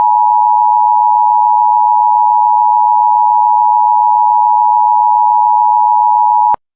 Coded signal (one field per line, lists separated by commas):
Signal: Emergency Alert System (SAME) tones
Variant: 853 and 960 Hz attention tone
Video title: EAS Scenario - Deep Freeze